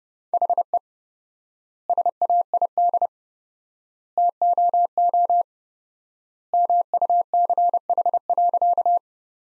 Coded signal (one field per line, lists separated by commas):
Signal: Morse code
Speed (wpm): 30 wpm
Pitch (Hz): 700 Hz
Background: none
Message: HE SAID TOO MUCH.